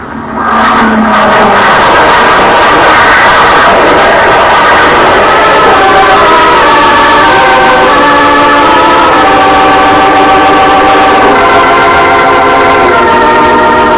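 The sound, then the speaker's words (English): A loud propeller engine drones steadily for the whole stretch, its buzzing harmonic tones shifting slowly in pitch as a low-flying plane piloted by William Carnes comes in across the field and lands, with no voices. “On the field until William Carnes landed the plane.”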